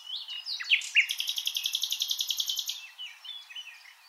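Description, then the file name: Common nightingale singing a long, fast, even trill of sharp repeated notes lasting nearly two seconds after a few whistled slurs, other birds chirping faintly. "Luscinia megarhynchos"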